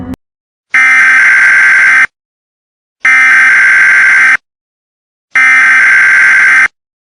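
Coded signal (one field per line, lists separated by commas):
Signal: Emergency Alert System (SAME) tones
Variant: header bursts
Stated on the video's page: Fictional EAS scenario about severe winter storms and a snow tornado, not a real alert.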